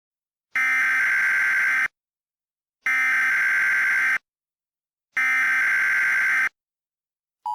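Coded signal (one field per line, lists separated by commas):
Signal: Emergency Alert System (SAME) tones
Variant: header bursts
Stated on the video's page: Mock alert made for entertainment.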